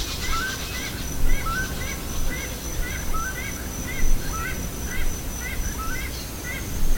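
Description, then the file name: Bird calls: short rising chirps near the middle register, repeated roughly once a second in an uneven series, over a steady low rumble. "SABIOD 50 bird 2015"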